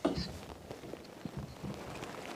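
The plunger of an Aucuro Dynamic shower holder clamp is handled on a grab rail as it is being pushed in to lock in place. A brief thump and light rustling handling noises are heard, with soft bumps throughout. Nothing has seated or clicked yet.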